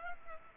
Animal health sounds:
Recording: mosquito wingbeat signal from an infrared sensor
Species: Culex pipiens

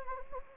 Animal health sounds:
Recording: mosquito wingbeat signal from an infrared sensor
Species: Anopheles gambiae

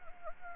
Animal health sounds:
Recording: mosquito wingbeat signal from an infrared sensor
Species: Anopheles gambiae

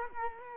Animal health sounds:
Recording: mosquito wingbeat signal from an infrared sensor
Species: Culex quinquefasciatus

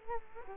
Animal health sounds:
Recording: mosquito wingbeat signal from an infrared sensor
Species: Culex quinquefasciatus

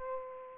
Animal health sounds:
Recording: mosquito wingbeat signal from an infrared sensor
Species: Aedes aegypti

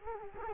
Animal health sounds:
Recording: mosquito wingbeat signal from an infrared sensor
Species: Culex quinquefasciatus

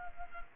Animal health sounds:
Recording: mosquito wingbeat signal from an infrared sensor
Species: Culex pipiens

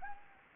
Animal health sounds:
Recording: mosquito wingbeat signal from an infrared sensor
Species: Anopheles arabiensis

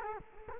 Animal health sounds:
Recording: mosquito wingbeat signal from an infrared sensor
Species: Culex quinquefasciatus

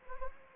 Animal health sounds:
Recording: mosquito wingbeat signal from an infrared sensor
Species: Anopheles gambiae

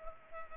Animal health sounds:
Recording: mosquito wingbeat signal from an infrared sensor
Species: Culex pipiens

